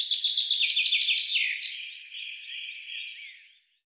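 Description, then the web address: Bird calling in a rapid, high chattering series of chirps, then trailing off into a softer, steadier twitter before silence. "Deverinetal 2025 File cleaned normalized Bird Fr Co"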